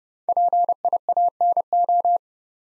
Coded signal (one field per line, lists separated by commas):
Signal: Morse code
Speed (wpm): 30 wpm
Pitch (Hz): 700 Hz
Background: none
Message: PIANO